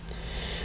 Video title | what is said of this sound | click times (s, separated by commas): A Better GoPro Alternative - The DB7000 Action camera | micro SD cards, which snap right in here. | 0.1 s